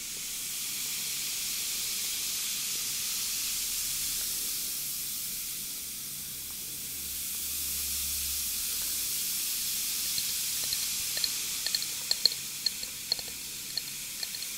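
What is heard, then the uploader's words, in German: Bright, steady fizzing hiss, easing slightly midway, then small crackling pops and clicks grow more frequent in the last few seconds. Sprudel Geräusche und ein Bath Crumble Fail. Brausetabletten.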